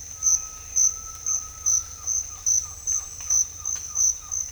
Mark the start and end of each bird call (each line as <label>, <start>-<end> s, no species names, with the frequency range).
bird call (0.6-2.0 kHz), 0.12-4.36 s